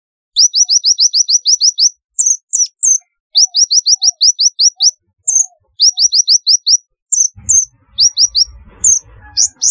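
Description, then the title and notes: Sunbird chirping: rapid runs of several sharp, very high notes, with a few thin chirps between runs; a low rumble enters near the end. "Kicau Burung Kolibri"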